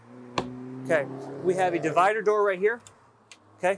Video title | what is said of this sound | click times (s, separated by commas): 2022 Cobia 280 DC Walkthrough | locks into place so we have that windshield shut and this | 0.4 s